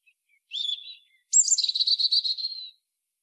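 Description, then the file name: European robin song: a thin, wavering high phrase, a short gap, then a brighter very high phrase dissolving into rapid, evenly spaced trilled notes. "Erithacus rubecula"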